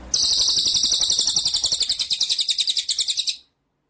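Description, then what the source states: White-rumped shama song: one sustained, very high, pulsed trill lasting about three seconds, ending abruptly into silence. Masteran (training) track for murai batu, in the full ngerol and nembak song styles.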